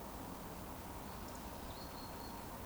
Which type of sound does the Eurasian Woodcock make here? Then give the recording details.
whistle. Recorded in Baden-Württemberg, Germany, on 12 June 2020 at 19:48 UTC. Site 14569, 102 m above sea level